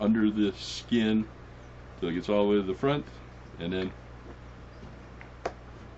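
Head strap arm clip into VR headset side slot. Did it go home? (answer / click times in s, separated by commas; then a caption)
yes / 5.2 s, 5.5 s. Someone talks while the plastic head strap arm is slid under the silicone cover on the second side of a VR headset, all the way to the front, and popped into its side slot. A short click is heard at about 5.2 s and a sharper one at 5.5 s, and the arm clip is seated.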